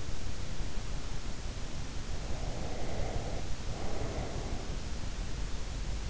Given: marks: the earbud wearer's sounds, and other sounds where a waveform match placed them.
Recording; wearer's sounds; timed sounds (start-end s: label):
sounds in sleep by an in-ear microphone; breath
2.30-4.56 s: breath